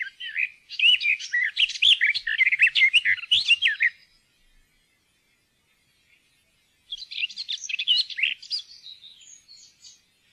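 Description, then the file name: Garden warbler song: a rapid, mellow, babbling warble lasting about four seconds, a pause, then a second rich phrase of varied notes. "hagesanger"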